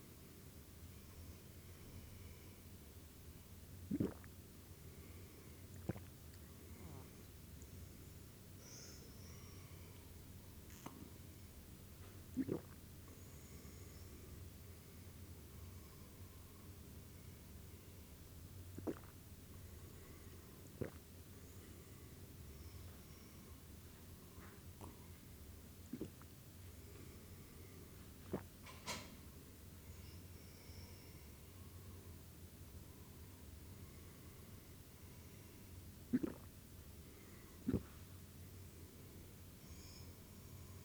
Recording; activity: daily activity, guitar pickup as the sensor; drink water